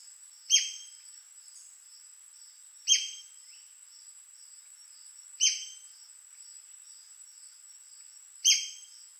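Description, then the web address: White-crested spadebill calling with a sharp, bright, falling squeak, repeated four times at intervals of roughly two and a half to three seconds; a constant high-pitched hum continues behind. "White crested spadebill. پرنده-بیلچه-نوک-کاکل-سفید"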